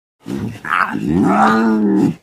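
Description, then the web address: Lion roaring: a rough, moaning roar about two seconds long, starting with a harsh burst and swelling into a steady, harmonic groan before ending abruptly. "big cats|lions"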